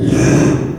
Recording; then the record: squeal of a Yucatan mini pig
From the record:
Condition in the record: after surgery on the right vocal fold (resection and tissue-engineered implant); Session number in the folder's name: 3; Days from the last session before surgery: 33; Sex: male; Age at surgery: 12 weeks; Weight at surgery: 13 kg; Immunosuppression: cyclosporine, prednisolone